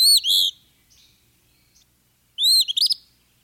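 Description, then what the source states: Eastern Phoebe singing twice, each song a crisp arching note followed by a buzzy, stuttering note, with a pause between the two songs. Brisk whistled song that repeats the bird's name; familiar flycatcher east of the Rockies that nests near people, an early spring migrant that sings a lot.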